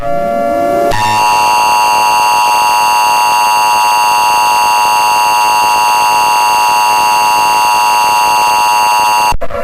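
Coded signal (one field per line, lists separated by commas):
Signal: Emergency Alert System (SAME) tones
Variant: 853 and 960 Hz attention tone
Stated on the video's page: Simulated, viewer-requested fictional EAS scenario.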